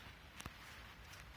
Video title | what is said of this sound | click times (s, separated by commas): Transit Pt 27 Door Locks Lights and More | I'm not connecting it up but it has popped into place so you know feels like a little bit of a win | 0.4 s, 0.5 s